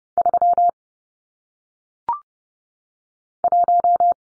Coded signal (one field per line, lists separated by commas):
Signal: Morse code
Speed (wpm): 30 wpm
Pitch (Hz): 700 Hz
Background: none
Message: 3 1